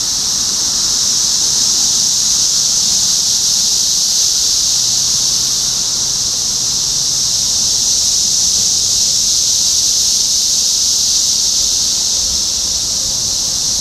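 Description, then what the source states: Cicadas produce a dense, steady high buzzing wall of sound throughout, with faint low rumbles in the background. Topeka, Kansas, 14 June 2015.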